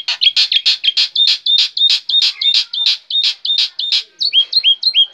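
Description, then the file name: Black-winged myna song: loud, rhythmic series of harsh, buzzy bursts with whistled flicks between them, ending in a few clean upslurred whistles. Singing described as gacor. "suara jalak putih gacor"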